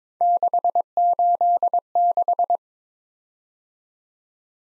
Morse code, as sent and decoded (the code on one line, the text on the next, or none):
-.... ---.. -....
686